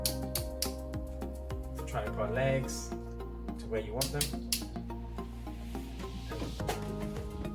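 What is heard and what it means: Carbon fiber tripod legs are pulled out from their folded position, each leg snapping into its angle-lock stop on the tripod spider with sharp clicks at 0.1, 0.4 and 0.6 seconds. Fainter clicks and handling sounds follow while someone talks over background music. The legs lock into place.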